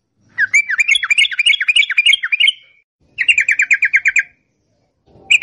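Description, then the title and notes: Yellow-vented bulbul chatter: a fast run of bright, bouncing notes for about two seconds, a short pause, then a second burst of clipped notes. Long rapid chatter (ropel panjang) recording used as master audio for training songbirds. "Masteran Trucukan Ropel Panjang. Kicau Burung Trucukan"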